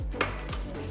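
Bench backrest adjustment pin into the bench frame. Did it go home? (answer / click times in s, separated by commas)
yes / 0.2 s, 0.6 s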